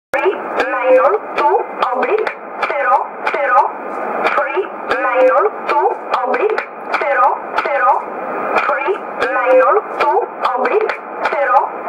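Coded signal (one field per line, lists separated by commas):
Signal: numbers station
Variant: E11 Oblique, English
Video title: 04 03 2015 Numbers station E11 1707 on 10213 USB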